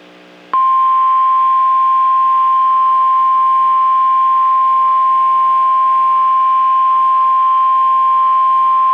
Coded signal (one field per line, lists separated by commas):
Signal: Emergency Alert System (SAME) tones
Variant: 1050 Hz attention tone